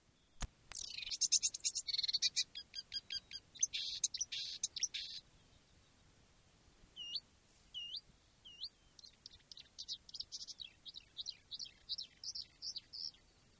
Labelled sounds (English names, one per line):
Marsh Warbler